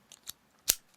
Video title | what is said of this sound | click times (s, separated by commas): GoPro Hero 3 Black Edition (2012) | You click this piece in there, | 0.7 s